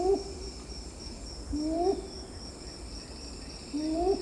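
Red-billed ground cuckoo giving three low, upslurred hoots spaced about two seconds apart, with a constant high insect hum behind.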